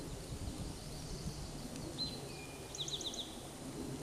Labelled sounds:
Eastern Towhee song
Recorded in a Pennsylvania forest on 17 May 2023 at 13:24
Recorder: AudioMoth, point grid1_28_low
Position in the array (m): 112 m, 106 m

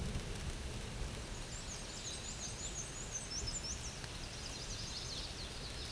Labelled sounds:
Black-and-white Warbler song
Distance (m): 50 m
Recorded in a Pennsylvania forest on 18 May 2023 at 13:55
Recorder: AudioMoth, point grid1_14_low
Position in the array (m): 75 m, 103 m

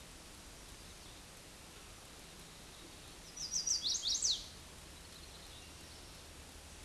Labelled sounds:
Chestnut-sided Warbler song
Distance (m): 15 m
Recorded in a Pennsylvania forest on 18 May 2023 at 09:48
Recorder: AudioMoth, point grid1_5_low
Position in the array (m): 14 m, 88 m

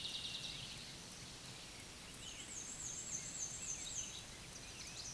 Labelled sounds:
Black-and-white Warbler song
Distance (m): 40 m
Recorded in a Pennsylvania forest on 19 May 2023 at 06:30
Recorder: AudioMoth, point grid1_37_low
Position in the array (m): 59 m, 221 m

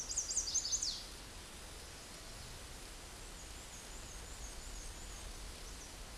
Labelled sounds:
Black-and-white Warbler song
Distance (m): 60 m
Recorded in a Pennsylvania forest on 18 May 2023 at 13:28
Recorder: AudioMoth, point grid1_9_low
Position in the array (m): 31 m, 55 m

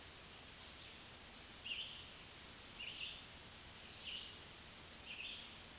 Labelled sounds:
Black-throated Green Warbler song
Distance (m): 50 m
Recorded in a Pennsylvania forest on 1 June 2023 at 06:03
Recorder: AudioMoth, point grid3_27_high
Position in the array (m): 120 m, 112 m

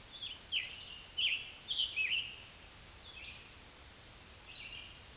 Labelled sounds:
Scarlet Tanager song
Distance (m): 25 m
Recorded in a Pennsylvania forest on 1 June 2023 at 08:06
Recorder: AudioMoth, point grid3_35_low
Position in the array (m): 163 m, 141 m

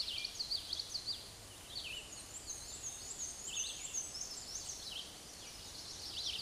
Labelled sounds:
Black-and-white Warbler song
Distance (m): 35 m
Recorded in a Pennsylvania forest on 18 May 2023 at 12:36
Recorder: AudioMoth, point grid1_28_low
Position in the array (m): 38 m, 72 m

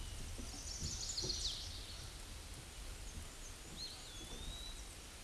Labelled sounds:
Eastern Wood-Pewee song
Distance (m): 65 m
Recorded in a Pennsylvania forest on 18 May 2023 at 06:18
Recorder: AudioMoth, point grid1_33_low
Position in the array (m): 74 m, 199 m

